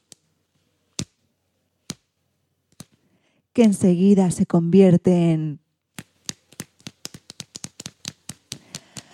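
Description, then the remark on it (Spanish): Rain begins to fall: a few isolated drops tap out slowly, a voice talks briefly, then the drops return and quicken into a denser patter of sharp little ticks. “¡Se ha puesto a llover!”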